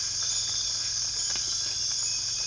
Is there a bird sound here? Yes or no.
no